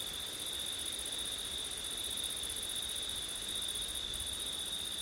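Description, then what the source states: Crickets trill steadily and shrilly throughout, with a higher buzzing layer that dips briefly once, over soft wind hiss. Crickets singing on a September night in wind, recorded with an ORTF setup.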